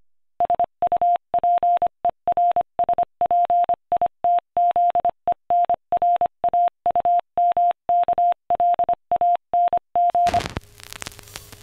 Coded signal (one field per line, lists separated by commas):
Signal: Morse code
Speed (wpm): 25 wpm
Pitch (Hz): 700 Hz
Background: none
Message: SUPERSPITZENRAUMKLANG